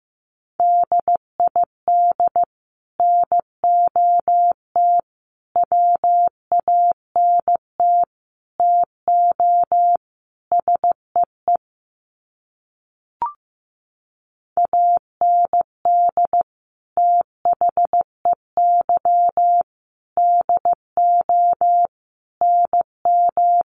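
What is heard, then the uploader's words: Words sent in Morse code: a single steady mid-pitched tone keyed on and off in short dots and longer dashes, grouped with small gaps between letters. The keying runs fairly quickly, with a longer silence around thirteen seconds broken by one faint click before the code resumes. Sets of 5 Words Encore2 15wpm. First, the words are sent in Morse code. Finally, it is sent again in Morse code.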